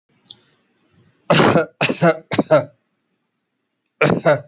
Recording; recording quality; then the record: shallow voluntary cough; excellent, no background noise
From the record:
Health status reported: healthy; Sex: male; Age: 39 years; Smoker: yes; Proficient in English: yes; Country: India